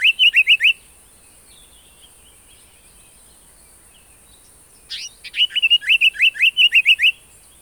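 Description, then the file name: African paradise flycatcher calls: a brief harsh chatter at the start, silence, then a longer burst of about ten rasping, rapidly repeated notes after a sharp introductory note. "African Paradise Flycatcher (Terpsiphone viridis)"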